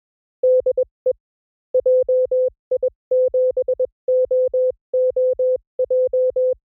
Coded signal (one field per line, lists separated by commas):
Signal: Morse code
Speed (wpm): 21 wpm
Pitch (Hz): 500 Hz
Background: none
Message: DE JI7OOJ